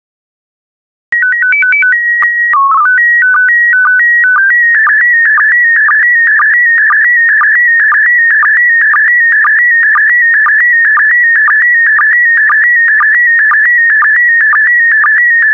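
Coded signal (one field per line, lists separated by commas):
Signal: SSTV (slow-scan television)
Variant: PD120 mode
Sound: short stepped start tones, then a continuous warbling whine with regular dips about every half second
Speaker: complete. You can now check your decoded image against the picture that is shown on the video.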